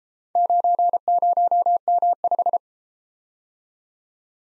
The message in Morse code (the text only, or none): 90M5